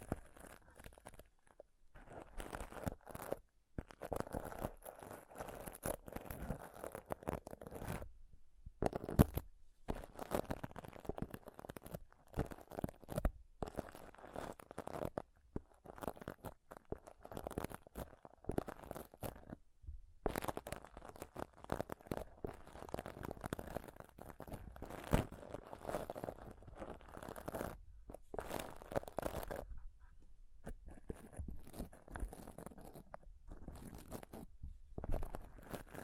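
Close-up mic scratching and touching in dense, uneven bursts of crunchy rubbing, broken by brief silences, mostly mid-low with occasional brighter scrapes.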